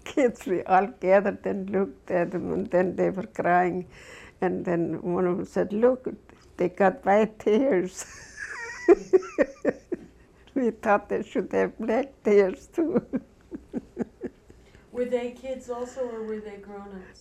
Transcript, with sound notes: kids, we all gathered and looked at them and then they were crying and then one of them said, "Look, they got white tears." (She laughs.) She thought they should have black tears too.
Were they kids also or were they grown ups?